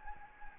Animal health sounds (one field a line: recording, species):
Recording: mosquito wingbeat signal from an infrared sensor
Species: Anopheles gambiae